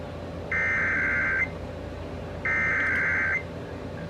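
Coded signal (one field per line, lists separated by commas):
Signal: Emergency Alert System (SAME) tones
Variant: header bursts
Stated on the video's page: Required Monthly Test EAS alert.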